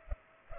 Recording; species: mosquito wingbeat signal from an infrared sensor; Culex pipiens